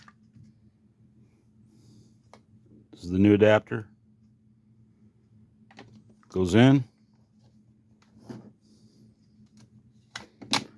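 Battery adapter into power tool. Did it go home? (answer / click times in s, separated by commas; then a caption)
no / none. Someone talks while a new plastic battery adapter is pushed into a power tool's battery slot, with faint scattered taps and a couple of sharp short ticks near the end. The latch does not catch; the adapter won't click in or stay in, and nothing has seated or clicked yet.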